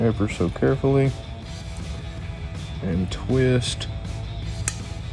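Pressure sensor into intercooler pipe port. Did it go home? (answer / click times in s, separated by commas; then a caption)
yes / 4.7 s. A boost pressure sensor is pushed into the port of a new metal S&B cold side intercooler pipe on a 2017-2022 6.7L F-250 and twisted until it locks. Someone talks over background music. A single sharp click at 4.7 seconds marks the sensor seating in its locked position.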